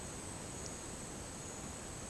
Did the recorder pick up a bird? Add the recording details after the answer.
no. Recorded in dense forest near Puerto Asís, Putumayo, Colombia, on 19 March 2025 at 10:00. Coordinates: 0.481, -76.323. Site G088